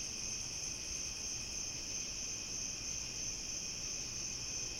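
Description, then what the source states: Crickets chirping in a steady, continuous high-pitched chorus with several overlapping trilling bands and a low background rumble. Summer night; binaural.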